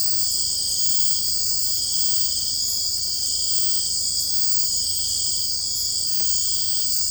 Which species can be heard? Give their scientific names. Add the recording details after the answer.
none. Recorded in dense forest near Puerto Asís, Putumayo, Colombia, on 18 February 2024 at 03:30. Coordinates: 0.487, -76.319. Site G6403